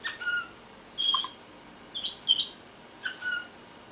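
Canary calls: short scattered chirps and whistled notes in small bursts, with quiet gaps between them.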